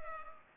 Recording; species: mosquito wingbeat signal from an infrared sensor; Culex pipiens